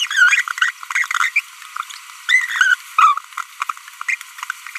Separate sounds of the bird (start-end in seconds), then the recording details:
0.17-0.41, 0.62-0.70, 0.91-1.06, 1.11-1.29, 1.36-1.40, 2.29-2.75, 2.98-3.18, 4.09-4.15. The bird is a female. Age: 25 days. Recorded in a nest box in Venezuela. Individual 17B42B1